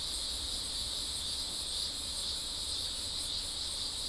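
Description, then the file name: Insects in a steady chorus, a dense continuous shrill hum in high bands, unbroken throughout, with a faint low rumble beneath. "mainly insect"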